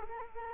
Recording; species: mosquito wingbeat signal from an infrared sensor; Culex quinquefasciatus